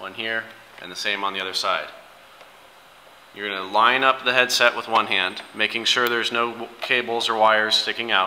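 A man talks while a plastic headset cover on an electric bike's handlebar stem is being lined up by hand, with cables and wires kept clear, with a quiet pause between about 2.0 and 3.3 seconds. Nothing has seated or clicked into place yet.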